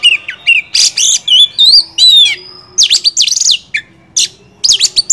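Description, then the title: Oriental magpie-robin song: a rich, varied run of loud whistles, slurred notes and rapid repeated notes, phrases following each other quickly with short pauses between them. Champion (juara) song, used to tutor other songbirds (masteran). "Masteran Kacer Juara"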